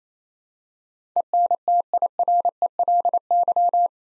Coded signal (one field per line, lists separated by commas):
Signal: Morse code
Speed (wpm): 27 wpm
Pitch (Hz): 700 Hz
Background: none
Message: ENTIRELY